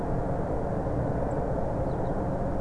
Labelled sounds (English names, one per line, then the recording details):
Song Thrush
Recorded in Germany
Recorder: ecoPi